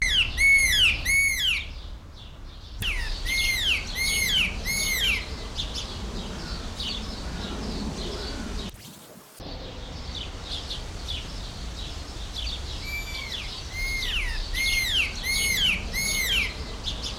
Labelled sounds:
Chinese Babax
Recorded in captivity
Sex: male
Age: adult
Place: Tierpark Berlin, Berlin, DE
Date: 1994-06-18 12:02
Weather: bedeckt, 12-15°C, dann Regen
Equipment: Marantz CP 430, Sennheiser ME 80, Kopie Uher Variocord 263
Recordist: Tembrock, Günter

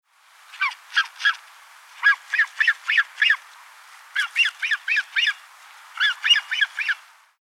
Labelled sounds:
Mute Swan
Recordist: Tembrock, Günter
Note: Rufe eines Jungvogels

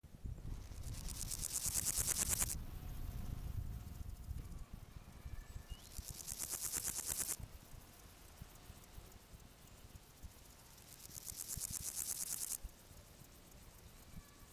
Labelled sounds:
Steppe Grasshopper stridulation
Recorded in the wild
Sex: male
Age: imago
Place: Summt, Grundstück, Brandenburg, DE
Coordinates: 52.6931, 13.3619
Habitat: Garten, Wiese
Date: 1971-07-24 15:00
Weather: diesig, gewittrig, 30°C
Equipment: Uher 4000 Report-Monitor, Sennheiser MD 421
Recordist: Tembrock, Günter

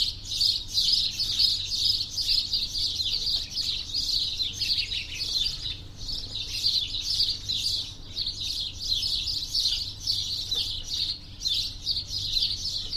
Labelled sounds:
House Sparrow call
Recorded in the wild
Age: adult
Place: Linmi Keriou, Zakynthos, Ionien Islands, GR
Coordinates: 37.6894, 20.8392
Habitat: urban area
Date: 2012-06-26
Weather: 20°C, sunny, almost windless
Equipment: Sound Devices 702, Sennheiser MKH 415 T, Rhode Windschutz
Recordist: Frommolt, Karl-Heinz
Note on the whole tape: Hotel Harmonie: Rufe von Haussperlingen in einer Brutkolonie. Entfernung ca. 10 m

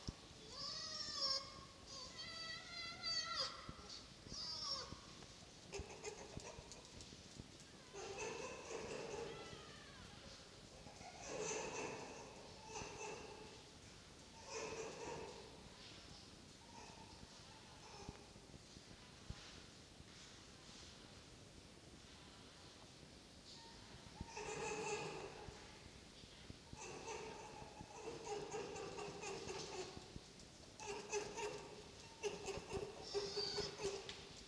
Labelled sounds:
Red Fox
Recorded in captivity
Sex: group
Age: diverse
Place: Zoologisches Institut der HUB, Berlin, DE
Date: 1953-04-06 19:20
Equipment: Elmetra
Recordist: Tembrock, Günter

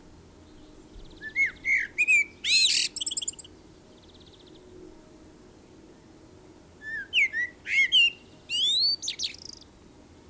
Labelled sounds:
Common Blackbird song
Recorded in the wild
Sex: male
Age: adult
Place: Garmisch-Partenkirchen, Bayern, DE
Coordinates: 47.4914, 11.0781
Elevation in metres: 703
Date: 1968-04-20
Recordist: Tretzel, Erwin

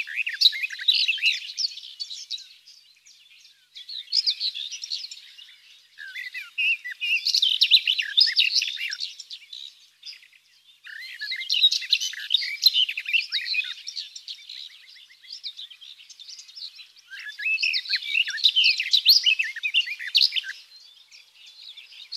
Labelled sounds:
Garden Warbler song
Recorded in the wild
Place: Waltershofen / Freiburg im Breisgau, Baden-Württemberg, DE
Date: 2001-06-04
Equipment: MiniDisc Sharp MT 20 H
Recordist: Schwarz, Dieter

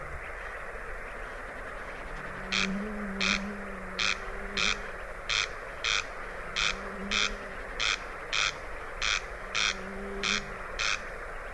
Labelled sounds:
Corn Crake
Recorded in the wild
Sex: male
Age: adult
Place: Zarnekow, Kummerower See, Mecklenburg-Vorpommern, DE
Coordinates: 53.8756, 12.8811
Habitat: meadow
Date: 2010-06-23 23:20
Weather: 13°C, windstill
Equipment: Sound Devices 702, Sennheiser MKH 70, Rycote Windschutz
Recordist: Frommolt, Karl-Heinz

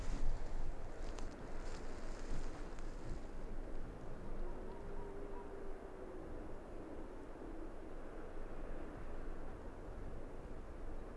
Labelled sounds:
Arctic Fox
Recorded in the wild
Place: Insel Mednyi, Kommandeur-Inseln, RU
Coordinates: 54.5167, 168.083
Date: 1999-06-29 19:30
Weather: 7°C, stark windig
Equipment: Sony WM-D6C, Sennheiser ME 80, K 30 AV, Windkorb, Kopie Tascam DA 30
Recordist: Jakupi, Antje

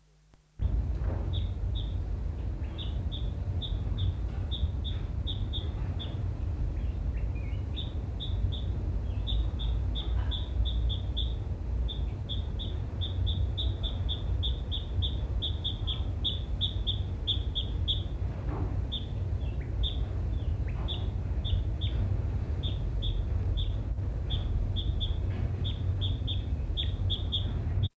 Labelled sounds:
African Paradise-Flycatcher call
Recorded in captivity
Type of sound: call
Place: Zoo Frankfurt, Rheinland-Pfalz, DE
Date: 1969-10-02
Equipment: Halbspur, 9,5 cm/s
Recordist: Lütgens, Hans
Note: Rufe

